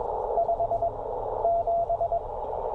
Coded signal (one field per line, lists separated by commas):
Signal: Morse code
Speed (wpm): 16 wpm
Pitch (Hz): 700 Hz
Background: radio noise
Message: 5 7